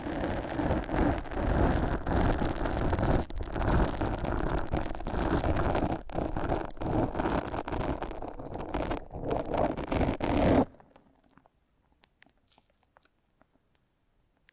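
Foam being massaged and squeezed makes a dense, rough, crackling rustle that churns continuously with uneven surges and brief dips. At about eleven seconds the sound stops abruptly, leaving near silence with only faint scattered ticks to the end.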